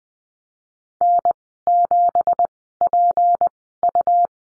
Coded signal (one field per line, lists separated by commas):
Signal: Morse code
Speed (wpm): 20 wpm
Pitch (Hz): 700 Hz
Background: none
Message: N7PU